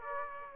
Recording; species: mosquito wingbeat signal from an infrared sensor; Aedes aegypti